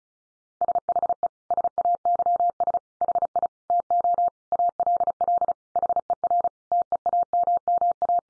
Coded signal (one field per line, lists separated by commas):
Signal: Morse code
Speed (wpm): 34 wpm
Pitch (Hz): 700 Hz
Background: none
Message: SHE SAYS HI TO ALL HER TEAMMA